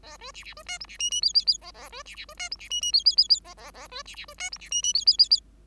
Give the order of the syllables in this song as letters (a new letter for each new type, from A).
A B C C B D E C F F G G G A A B C C B D E C F F G G G G A A A B C C B D E C F F G G G G